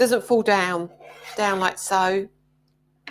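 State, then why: Seated. A woman talks as the cutting arm of a small plastic paper guillotine is pulled out and lifted. It snaps into its locked position with a sharp click at 3.1 s, seating the arm in place.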